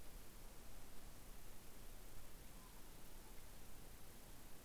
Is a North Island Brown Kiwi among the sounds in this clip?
no